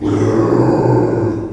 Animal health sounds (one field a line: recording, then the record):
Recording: squeal of a Yucatan mini pig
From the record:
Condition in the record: before surgery on the right vocal fold (resection and tissue-engineered implant)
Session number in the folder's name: 1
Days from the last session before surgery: -3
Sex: male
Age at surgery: 12 weeks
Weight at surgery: 13 kg